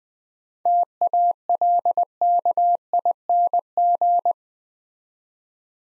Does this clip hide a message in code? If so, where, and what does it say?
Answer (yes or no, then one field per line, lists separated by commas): yes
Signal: Morse code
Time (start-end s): 0.7-4.3 s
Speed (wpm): 20 wpm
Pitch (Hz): 700 Hz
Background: none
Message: TALKING